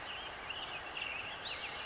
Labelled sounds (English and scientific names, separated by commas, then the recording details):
California Towhee (Melozone crissalis)
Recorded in Sonoma County, California